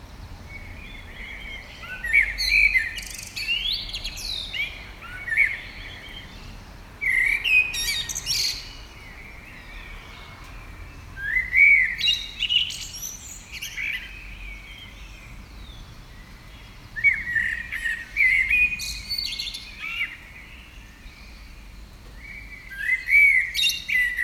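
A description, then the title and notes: A blackbird sings in phrases of varied warbling notes roughly every five seconds, with faint bird chirps and a low steady rumble between them. A Saturday morning blackbird and other birds' songs.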